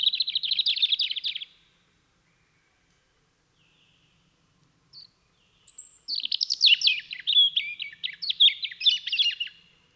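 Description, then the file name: European robin singing a dense, scratchy warble, falling silent for several seconds, then returning with high whistles and a rapid sparkling phrase. "Erithacus rubecula"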